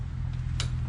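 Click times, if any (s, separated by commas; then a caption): 0.6 s. The socket end of a gas hood strut on a Jeep Wrangler is pressed onto the ball stud of the hood bracket over a steady low hum. It snaps on with a short, sharp pop at 0.6 s, and the strut is seated on the ball stud.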